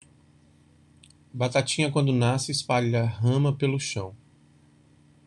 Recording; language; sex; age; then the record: short text; Brazilian Portuguese; male; 50 to 59 years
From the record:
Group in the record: control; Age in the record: 52 years